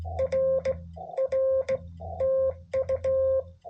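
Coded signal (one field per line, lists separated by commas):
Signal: Morse code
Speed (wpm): 17 wpm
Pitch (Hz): 530 Hz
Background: none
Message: R R TU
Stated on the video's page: CW POTA activation keyed with straight key, bug (Vibroplex Champion) and paddle.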